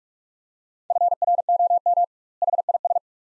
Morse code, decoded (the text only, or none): FROM HIS